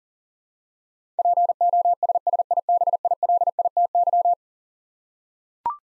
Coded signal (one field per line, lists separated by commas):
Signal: Morse code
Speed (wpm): 40 wpm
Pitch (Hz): 700 Hz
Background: none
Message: POSSIBILITY